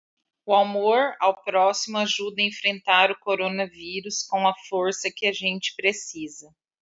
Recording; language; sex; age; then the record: spoken sentence; Brazilian Portuguese; male; 60 to 69 years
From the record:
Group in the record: control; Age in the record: 62 years